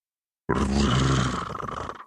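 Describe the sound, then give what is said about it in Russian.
A deep, rough growl from a monster in the dark of night erupts suddenly after a moment of silence, holding loud and rumbling for over a second before trailing off in ragged, pulsing snarls. “«Слышь, пес, ты на кого рычишь?»”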